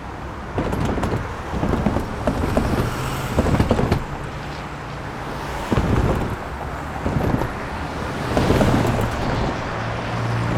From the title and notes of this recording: Calming Traffic Sounds Over the Crossing.